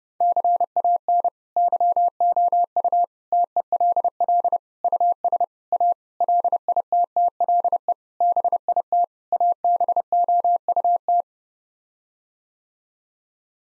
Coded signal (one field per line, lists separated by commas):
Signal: Morse code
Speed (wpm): 30 wpm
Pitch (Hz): 700 Hz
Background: none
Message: CAN YOU TELL US A LITTLE BIT ABOUT